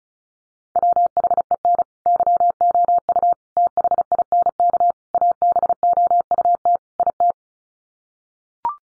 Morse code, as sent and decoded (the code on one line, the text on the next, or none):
.-- .... . -. / -.-- --- ..- / - .... .. -. -.- / .- -... --- ..- - / .. -
WHEN YOU THINK ABOUT IT